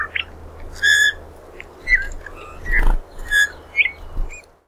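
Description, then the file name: Eurasian bullfinch plaintive piping whistles, several short soft notes over four seconds, some with bright overtones, alongside a faint low rumble and brief low knocks. "Pyrrhula pyrrhula"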